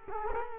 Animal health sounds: mosquito wingbeat signal from an infrared sensor; Culex quinquefasciatus

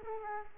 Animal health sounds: mosquito wingbeat signal from an infrared sensor; Culex quinquefasciatus

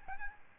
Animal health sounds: mosquito wingbeat signal from an infrared sensor; Aedes albopictus

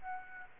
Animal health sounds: mosquito wingbeat signal from an infrared sensor; Aedes aegypti

